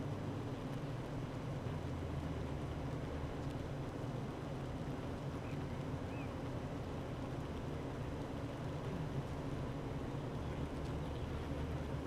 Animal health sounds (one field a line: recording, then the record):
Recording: honeybee colony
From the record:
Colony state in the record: active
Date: 12 June 2018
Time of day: 9:14